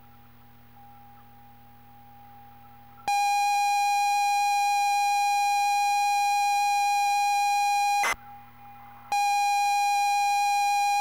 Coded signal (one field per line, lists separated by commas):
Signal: ZX Spectrum tape loading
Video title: Double Dragon - Zx Spectrum +2 (Full Cassette Tape Loading & Gameplay)